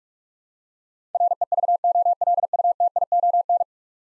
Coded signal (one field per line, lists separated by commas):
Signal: Morse code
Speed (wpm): 46 wpm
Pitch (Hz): 700 Hz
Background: none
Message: REVOLUTION